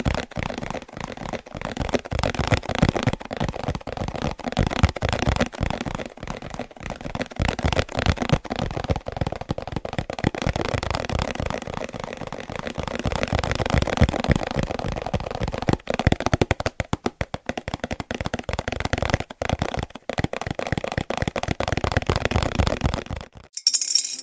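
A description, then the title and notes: Hands tap and scratch in a dense, busy stream of short dry clicks and rubs that runs almost without pause for about 23 seconds. The rustling texture resembles shuffling cards, with sparser, choppier bursts between 16 and 20 seconds before an abrupt stop near the end. ASMR Biggest Trigger Assortment (Tapping, Scratching, Hand Sounds,…) No Talking.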